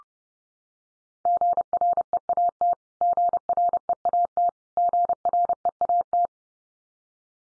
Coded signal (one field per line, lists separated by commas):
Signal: Morse code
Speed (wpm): 30 wpm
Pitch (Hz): 700 Hz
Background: none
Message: GREAT GREAT GREAT